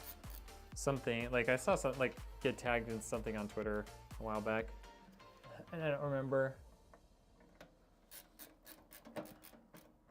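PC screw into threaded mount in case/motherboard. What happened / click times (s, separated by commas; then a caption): The small screw skips and grinds instead of seating cleanly / none. During a PC build, a small metal screw is driven crooked into a threaded mount in the case or motherboard. Someone talks over background music, then a rubbing, grinding sound is heard as the screw cross-threads. The screw is stripped and will need to be backed out, and nothing has seated or clicked yet.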